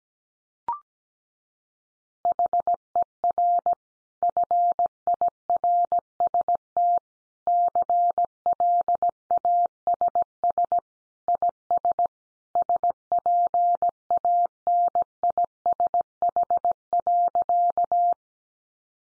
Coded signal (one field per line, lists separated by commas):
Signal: Morse code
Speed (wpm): 17 wpm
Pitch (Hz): 700 Hz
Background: none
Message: HER FIRST CLASS IS SPANISH.